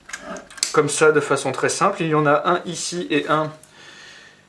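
A supplied quick-detach sling swivel is pushed into its sling mount socket on an airsoft rifle replica and snaps home with a sharp metal click at 0.6 s, so the swivel is seated. A few quieter clicks come just before it, and then someone talks for the rest of the clip.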